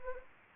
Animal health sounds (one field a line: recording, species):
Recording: mosquito wingbeat signal from an infrared sensor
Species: Anopheles gambiae